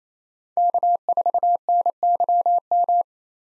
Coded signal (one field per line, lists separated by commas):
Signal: Morse code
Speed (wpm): 27 wpm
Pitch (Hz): 700 Hz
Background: none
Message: K4NYM